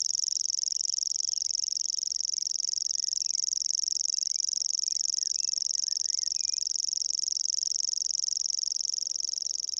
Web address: didier collin locustelle tachetee